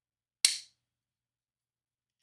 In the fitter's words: Have a good solid click.